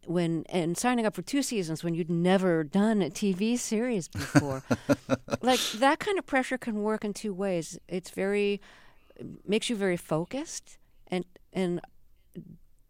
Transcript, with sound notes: and signing up for two seasons when you'd never done a TV series before...
(Laughter).
Like, that kind of pressure can work in two ways. It's very - makes you very focused, and